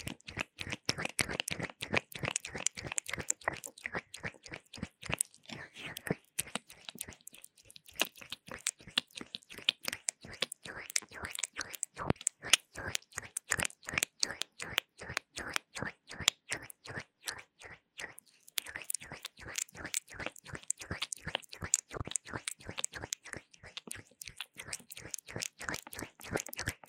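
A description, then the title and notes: A fast, intense ear massage with aloe gel: quick wet, squelching rubs and crunchy taps follow each other in a dense, steady rhythm. Each stroke is short and crisp. Brief gaps around 7 and 18 seconds interrupt the pattern before the rubbing resumes. 蘆薈凝膠極速耳朵按摩 | Fast Intense Ear massage | NO Talking.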